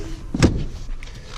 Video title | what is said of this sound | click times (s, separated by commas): 2015 Honda CRV EXL - McKenney Salinas Honda - Charlotte Area Honda Dealer - 19827A | pull them up until they click into place just like | 0.4 s